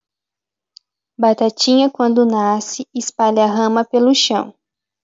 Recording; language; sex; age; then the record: short text; Brazilian Portuguese; female; 20 to 29 years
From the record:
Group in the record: control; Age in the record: 22 years